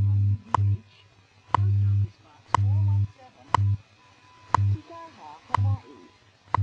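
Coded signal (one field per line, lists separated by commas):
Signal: radio time signal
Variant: WWV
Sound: seven sharp clicks one second apart over a low hum that pulses between them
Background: radio static, faint voice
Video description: WWV broadcast on 10.0 MHz with the leap second inserted at 23:59:60 UTC.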